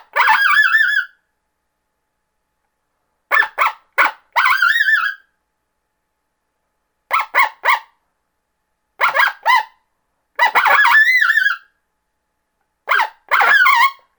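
Coyote giving bursts of sharp yips mixed with short wavering, quavering howls, separated by abrupt silent gaps between each outburst.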